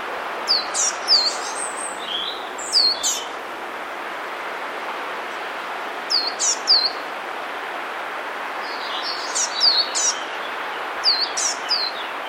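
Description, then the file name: Eurasian blue tit producing bursts of high, quick descending call notes in small groups separated by pauses, with continuous hiss underneath. "Cyanistes caeruleus"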